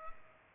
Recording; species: mosquito wingbeat signal from an infrared sensor; Culex pipiens